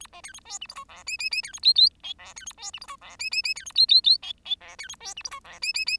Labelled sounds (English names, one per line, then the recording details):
Bengalese Finch song
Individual Bird10